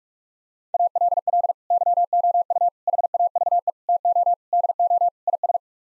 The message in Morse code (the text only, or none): ALL YOU HAVE TO DO IS